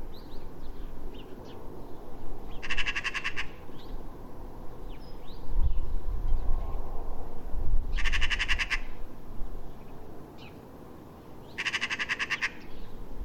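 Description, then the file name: Eurasian magpie chattering in dry, fast rattles, three bursts a few seconds apart, with a deep rumble swelling midway. "Pica pica"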